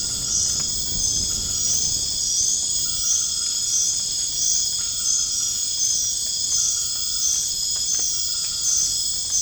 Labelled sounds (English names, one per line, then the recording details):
none
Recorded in dense forest near Puerto Asís, Putumayo, Colombia, on 27 June 2025 at 22:00
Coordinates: 0.481, -76.323
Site G072